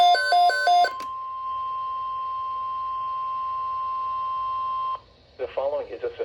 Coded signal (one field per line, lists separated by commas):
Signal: Emergency Alert System (SAME) tones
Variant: 1050 Hz attention tone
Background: speech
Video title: NOAA Weather Radio - Severe Thunderstorm Watch #473 On KIH28 & WXL40 [EAS #240-#241] (7/18/22)